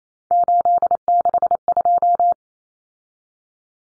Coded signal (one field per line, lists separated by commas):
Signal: Morse code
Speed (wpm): 28 wpm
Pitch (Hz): 700 Hz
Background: none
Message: 862